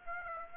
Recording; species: mosquito wingbeat signal from an infrared sensor; Aedes aegypti